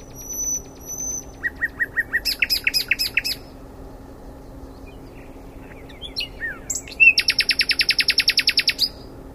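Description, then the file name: Common nightingale song: thin whistles, a stuttering series of dry notes, then after a pause a fast, loud, evenly repeated chattering trill. "Luscinia megarhynchos"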